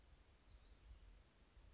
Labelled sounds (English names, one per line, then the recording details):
Western Flycatcher
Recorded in Sonoma County, California